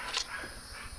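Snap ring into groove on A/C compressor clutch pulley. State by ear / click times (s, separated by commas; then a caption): not seated / none. A steel snap ring is being worked around the shaft of a WRX A/C compressor clutch and pulley toward its groove, with a brief bright metallic tick near 0.2 s over a low steady hiss. Nothing has seated or clicked yet.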